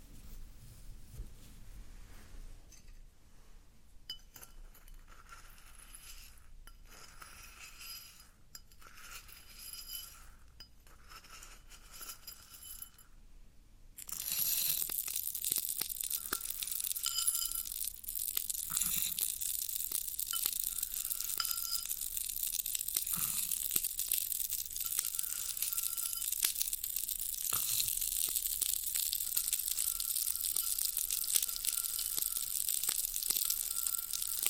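Floral foam is crushed and picked at, faint scattered crunches for fourteen seconds, then a steady, loud, bright crackling hiss with repeated small snaps.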